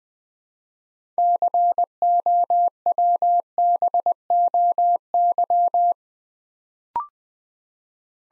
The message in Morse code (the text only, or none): COWBOY